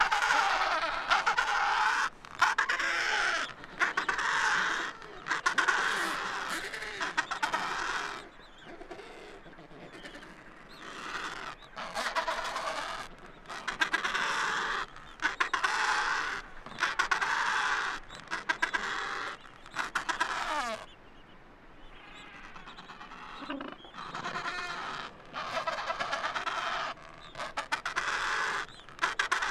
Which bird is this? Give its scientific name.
Pygoscelis papua